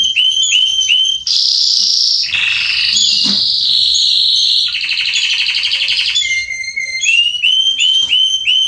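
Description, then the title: Belgian canary with repeated upswept chip notes, then a loud sequence of high trills, a grating buzzy roll, a low steady tone and more upswept chips. Male Belgian canary singing a lot, used to warm up and train young canaries. "Canary Training Esquente Seu Filhote E Canario Belga Macho Cantando Muito. CANTO DO CANRIO"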